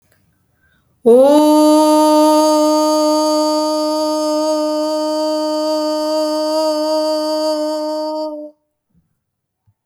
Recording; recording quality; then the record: sustained vowel as in boot; excellent, no background noise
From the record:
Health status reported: healthy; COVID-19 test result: not tested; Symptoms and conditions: cough, diabetes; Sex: female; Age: 38 years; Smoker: not ticked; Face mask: not worn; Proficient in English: yes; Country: India